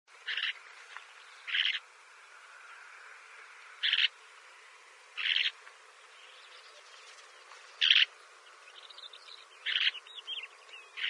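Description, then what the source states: Lark giving short buzzy, rasping notes at irregular intervals of a few seconds. Lark call in grassland.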